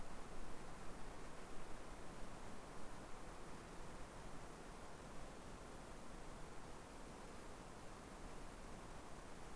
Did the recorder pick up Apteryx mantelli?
no